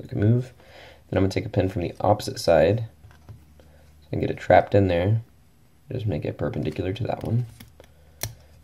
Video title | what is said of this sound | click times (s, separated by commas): ProjectKnife 3D Print and Assembly of Toy Pocket Knife on Prusa MK2 | pop in tight also. Should hear it click on the other side. | 8.2 s